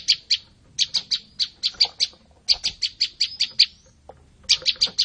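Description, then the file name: Olive-backed tailorbird song: bursts of sharp, high chipping notes repeated rapidly in quick series, with short pauses between bursts. "suara-burung-prenjak-lumut -omkicau"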